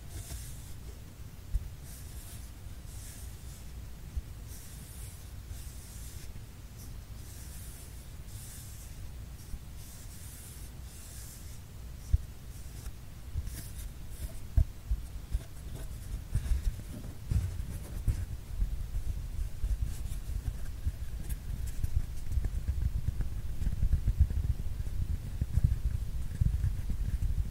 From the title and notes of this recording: PAPER TUBE SOUND ASMR.